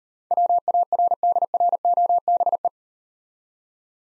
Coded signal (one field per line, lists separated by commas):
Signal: Morse code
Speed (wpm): 38 wpm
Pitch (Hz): 700 Hz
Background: none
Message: WARDROBE